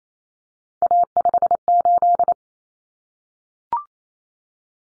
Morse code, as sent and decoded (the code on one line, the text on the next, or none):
.- ..... ---..
A58